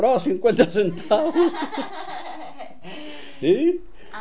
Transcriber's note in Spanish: risas